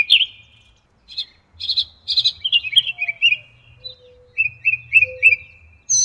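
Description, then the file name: Northern mockingbird singing a string of varied whistled and chirpy phrases, some notes repeated three or four times in a row, with brief pauses between bursts. "kicauan burung northern mockingbird. omkicau"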